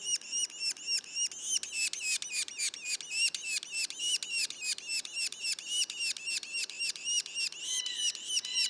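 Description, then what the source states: Yellow-bellied sapsucker juveniles calling: insistent, buzzy slurred notes repeated quickly and evenly throughout, with faint lower tones near the end. Juveniles; Mont-Orford National Park, Quebec.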